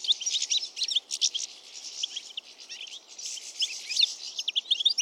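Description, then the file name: European goldfinch calls, fast high twittering notes coming in pulses, with a softer dip midway before the chirping picks up again. "Carduelis carduelis"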